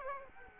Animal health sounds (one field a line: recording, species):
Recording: mosquito wingbeat signal from an infrared sensor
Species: Aedes aegypti